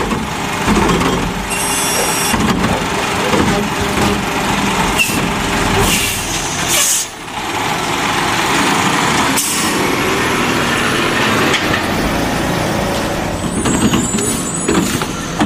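A garbage truck's engine rumbles steadily and loudly throughout, with low churning and clanking from the machinery. Sharp bursts of hiss break through now and then, near 2, 6, 9 and 14 seconds, like air brakes, with a brief dip in the noise around 7 seconds.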